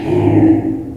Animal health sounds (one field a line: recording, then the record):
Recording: squeal of a Yucatan mini pig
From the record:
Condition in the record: before surgery on the right vocal fold (resection and tissue-engineered implant)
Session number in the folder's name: 2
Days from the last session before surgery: -15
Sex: female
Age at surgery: 19 weeks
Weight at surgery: 25 kg